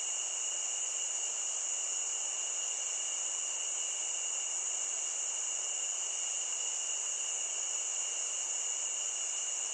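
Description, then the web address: Cricket chorus, continuous high-pitched trilling without a break, with soft background hiss. Nature ambience. "SFXBible ambience-nature-crickets"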